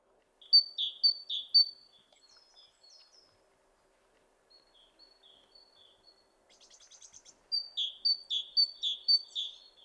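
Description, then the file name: Great tit song in two bursts of repeated high-low note pairs, separated by soft chirping and a short dry rattling buzz. "Parus major"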